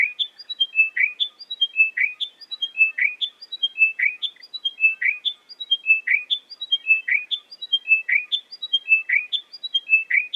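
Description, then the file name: Chiming wedgebill song, a long regular run of descending chiming phrases, each ending on a lower note, repeated about once per second. "British Library - Chiming Wedgebill Sphenostoma occidentalis"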